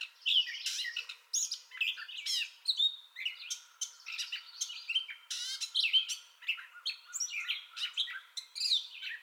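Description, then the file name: Gray catbird pouring out a steady stream of varied squeaks, mews and chattering notes. Song bout, recorded 30 May 2021. "2021-05-30 Gray Catbird Song Bout"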